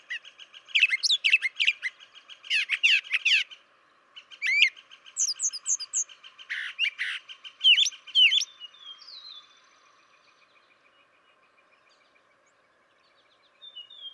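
Brown Thrasher song of loud, doubled chirpy phrases with harsh notes, then a few thin high notes and near silence toward the end.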